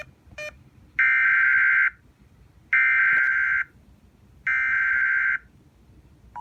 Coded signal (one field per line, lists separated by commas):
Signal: Emergency Alert System (SAME) tones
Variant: header bursts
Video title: Double Header on Weatherscan 24/7 EAS #194-195